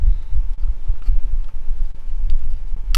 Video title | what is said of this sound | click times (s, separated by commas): Switch OLED Screen Replacement | Now, what you want to do is grab your pry tool and you'll want to disconnect the antennas. You'll be able to hear the pop. | 3.0 s